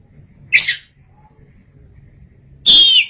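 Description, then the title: Oriental magpie-robin giving one short sharp note, then after a pause a loud, clear whistled note held briefly at high pitch. Long-duration birdsong. "Suara Kicauan Burung Kacer Durasi Panjang"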